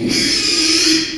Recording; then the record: squeal of a Yucatan mini pig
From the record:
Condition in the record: after surgery on the right vocal fold (resection and tissue-engineered implant); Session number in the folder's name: 2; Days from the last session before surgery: 13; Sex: male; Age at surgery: 12 weeks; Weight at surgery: 13 kg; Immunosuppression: cyclosporine, prednisolone